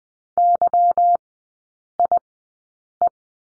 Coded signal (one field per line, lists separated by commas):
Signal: Morse code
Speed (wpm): 20 wpm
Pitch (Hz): 700 Hz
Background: none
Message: YIE